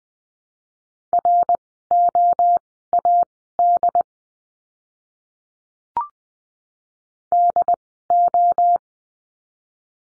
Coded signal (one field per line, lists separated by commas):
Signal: Morse code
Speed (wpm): 20 wpm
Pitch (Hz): 700 Hz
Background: none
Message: ROAD DO